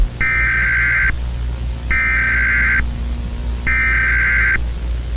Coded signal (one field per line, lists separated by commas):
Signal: Emergency Alert System (SAME) tones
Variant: header bursts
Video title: Pokémon Error | An EAS Scenario